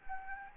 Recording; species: mosquito wingbeat signal from an infrared sensor; Anopheles gambiae